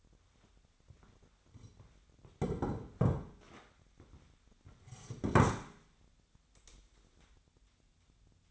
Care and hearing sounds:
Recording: daily activity, microphone in the room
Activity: sit down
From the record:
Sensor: 3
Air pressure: 1008.0 hPa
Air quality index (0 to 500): 191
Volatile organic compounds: 14 ppm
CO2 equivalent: 2448 ppm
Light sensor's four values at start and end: 12/29/12/12 and 12/29/12/12

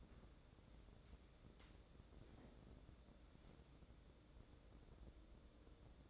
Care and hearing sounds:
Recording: daily activity, microphone in the room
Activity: wipe stove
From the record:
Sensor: 3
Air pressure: 1012.3 hPa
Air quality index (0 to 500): 181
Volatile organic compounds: 3 ppm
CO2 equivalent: 1385 ppm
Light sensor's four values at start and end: 572/1424/588/604 and 573/1426/589/605

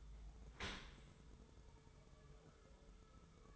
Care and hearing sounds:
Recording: daily activity, microphone in the room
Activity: open dishwasher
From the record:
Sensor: 3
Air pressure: 1014.9 hPa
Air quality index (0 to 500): 40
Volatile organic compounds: 1 ppm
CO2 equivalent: 591 ppm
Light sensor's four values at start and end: 11/26/11/11 and 12/26/11/11

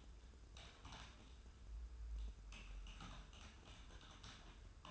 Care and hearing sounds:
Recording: daily activity, microphone in the room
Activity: typing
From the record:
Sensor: 2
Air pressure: 994.3 hPa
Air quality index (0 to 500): 210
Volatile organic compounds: 1000 ppm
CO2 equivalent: 6917 ppm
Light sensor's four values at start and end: 54/125/53/55 and 54/126/53/55

